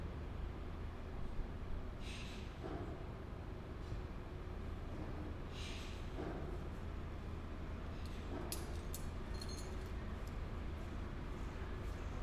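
A tree is being taken down in a built-up area, under a steady low engine drone that runs the whole time. Short bright crackling bursts, like branches rustling or snapping, break through around two, six, eight and a half, and ten seconds.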